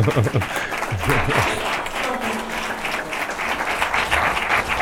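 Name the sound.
audience applause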